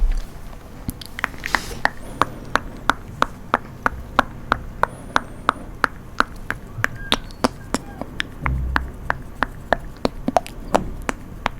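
Close-up tapping in a steady, quick rhythm, about three or four crisp taps per second running through the whole clip, very near the mic. A brief brushing scratch sounds near the start, a soft low rumble near eight seconds, and faint hiss sits underneath.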